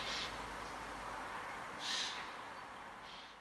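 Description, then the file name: Eurasian jay giving two harsh, rasping screeches about two seconds apart, with a fainter third note at the end, over steady background hiss. "Garrulus glandarius"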